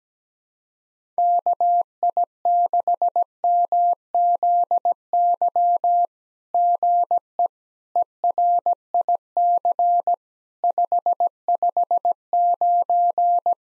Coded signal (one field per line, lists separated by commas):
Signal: Morse code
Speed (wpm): 17 wpm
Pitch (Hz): 700 Hz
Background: none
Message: KI6MZY GE ERIC 559